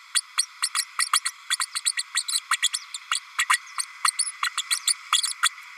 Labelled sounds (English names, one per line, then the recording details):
Green-rumped Parrotlet babbling
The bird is a female
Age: 32 days
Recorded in a nest box in Venezuela
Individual 17B32A5